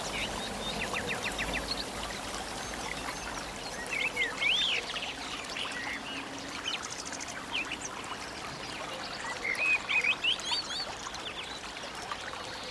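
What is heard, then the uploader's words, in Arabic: Running water pours and gurgles steadily throughout, dense. Birds sing over it in short bright phrases, most clearly around four to five seconds and again near ten seconds, with faint chirps scattered between. أصوات الماء الجاري، الأوراق والطيور.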